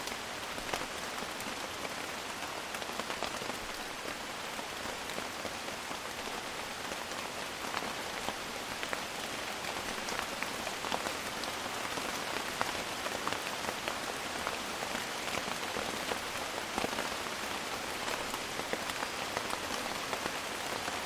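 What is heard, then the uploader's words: Rain falls steadily on leaves and the forest floor, a dense, even patter that holds at a moderate-to-heavy rate for the whole stretch. Countless drops crackle brightly, with individual louder hits scattered throughout and little low rumble underneath. Wild Rain is a collection of rain soundscapes recorded in 4 rainforests across 3 continents. The library features rain falling on vegetation and forest floor, from sparse drops to moderate and heavy rain.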